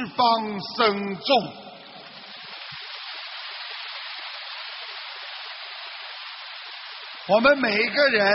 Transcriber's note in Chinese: 掌声